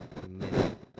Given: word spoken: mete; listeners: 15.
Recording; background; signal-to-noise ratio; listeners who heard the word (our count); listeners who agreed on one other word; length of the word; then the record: one Spanish word in noise, from a listening test; noise modulated by one talker; -13.0 dB; 0 of 15; 6 of 15; 0.59 s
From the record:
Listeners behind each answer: 6, 4, 2, 1, 1, 1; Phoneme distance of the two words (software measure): 20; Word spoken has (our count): 2 syllables, 4 phonemes, stress on syllable 1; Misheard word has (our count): 2 syllables, 4 phonemes, stress on syllable 1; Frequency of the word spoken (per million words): 12.17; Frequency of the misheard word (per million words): 141.30